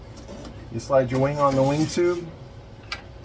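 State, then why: Seated. On an OMP Edge 540 60" PNP RC airplane, the wing is slid onto the wing tube and its servo extension lead is run through the plastic wing locking system on the fuselage while someone talks. A sharp snap at 2.9 s marks the extension lead locking into place, seated.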